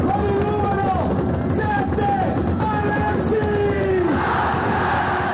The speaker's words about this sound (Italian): Il boato, la festa, i tifosi dell'Udinese riempiono di passione Piazza della Libertà per una presentazione che emozione travolge quando viene chiamato il numero 7, Alexis Sanchez.